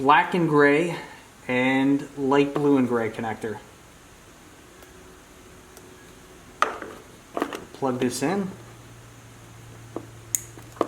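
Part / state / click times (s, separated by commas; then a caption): headlight harness connector into truck wiring connector / seated / 10.3 s. Someone talks while a plastic wiring connector for a Morimoto XB headlight is pushed into the truck-side headlight harness connector on a 2020+ Ford Super Duty, with a few sharp handling knocks around 6.6 to 7.5 s. A distinct click at 10.4 s marks the connector seating fully.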